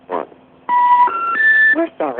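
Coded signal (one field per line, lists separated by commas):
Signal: telephone call progress tone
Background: speech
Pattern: special information tone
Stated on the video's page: Vintage step-by-step central office audio: AM-modulated ringbacks, reorder tone interrupted by motor-driven interrupters, relay clicks, pulse dialing, severe inductive crosstalk and office hum.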